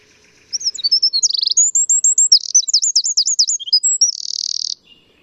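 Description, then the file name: Eurasian wren song: a loud, rapid, high-pitched burst of sharp notes, fast downslurred trills and buzzy rattles lasting about four seconds. "Troglodytes troglodytes"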